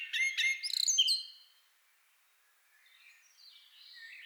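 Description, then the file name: Common blackbird song: one short warbled phrase ending in a squeaky high twitter, then a long lull with faint, soft warbling. "Turdus merula"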